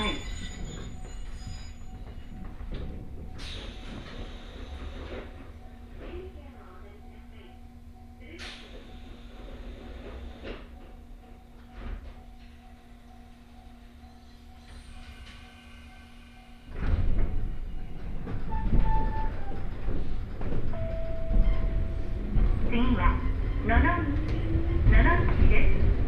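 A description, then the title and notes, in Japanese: A Hokuriku Railway Ishikawa Line train trip from Nomachi toward Tsurugi. For the first sixteen seconds a low steady hum and faint voices sit under occasional clicks and knocks; then a loud rumble of running wheels takes over, rising and rattling with squeals through the end. 鉄道旅 北陸鉄道石川線 野町→鶴来。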